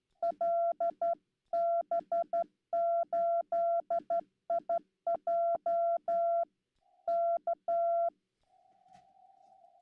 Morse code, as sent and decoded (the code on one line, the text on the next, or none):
.-.. -... ---.. .. .--- / -.-
LB8IJ K